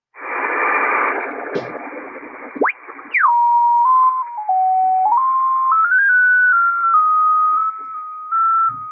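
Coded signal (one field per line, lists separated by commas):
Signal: JT65, JT9 or WSPR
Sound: static and tuning swish, then a single steady tone hopping slowly between nearby pitches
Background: radio static, tuning sweeps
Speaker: By the way, this is an amateur radio. JT65 uh digital mode 5357.5 is one of those uh frequencies.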